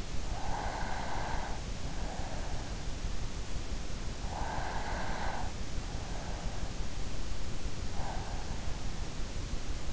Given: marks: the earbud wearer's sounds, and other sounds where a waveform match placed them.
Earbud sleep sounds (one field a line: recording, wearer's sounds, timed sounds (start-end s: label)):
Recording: sounds in sleep by an in-ear microphone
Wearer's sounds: breath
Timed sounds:
0.00-2.73 s: breath
3.76-5.99 s: breath